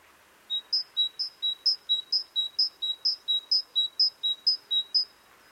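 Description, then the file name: Great tit giving a steady string of paired whistled notes, alternating higher and lower, the pair repeated about twice per second. "Parus major"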